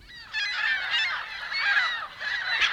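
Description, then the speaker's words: Ring-billed Gull calls, a noisy overlapping mix of nasal squealing cries. Gulls back in Duluth, scavenging at a fast-food restaurant. "Ring-billed gulls, which are back in Duluth mooching at McDonald's, sound like this to the unpracticed ear."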